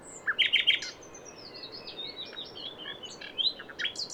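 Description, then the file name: Common nightingale song: a burst of loud chattering notes, followed by softer high twitters and warbled phrases. "Luscinia megarhynchos"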